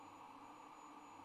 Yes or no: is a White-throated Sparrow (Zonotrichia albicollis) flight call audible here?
no